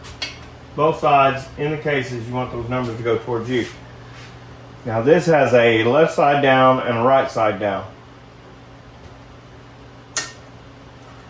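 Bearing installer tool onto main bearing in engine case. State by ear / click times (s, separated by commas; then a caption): seated / 10.2 s. A metal piece of the main bearing installation tool is placed onto the main bearing in the engine case half, and it locks into place with a sharp metallic click at 10.2 s. Before that, someone talks from about 0.8 to 7.9 s, and a faint tap is heard at 0.2 s.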